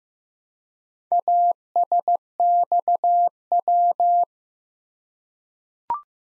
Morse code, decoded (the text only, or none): ASXW